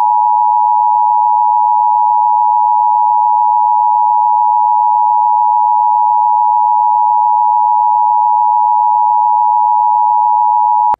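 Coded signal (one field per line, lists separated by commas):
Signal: Emergency Alert System (SAME) tones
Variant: 853 and 960 Hz attention tone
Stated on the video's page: Simulated tornado warning in a dramatized mock-up.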